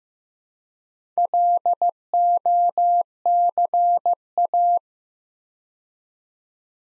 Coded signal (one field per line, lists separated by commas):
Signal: Morse code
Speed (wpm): 15 wpm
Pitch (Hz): 700 Hz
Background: none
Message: LOCA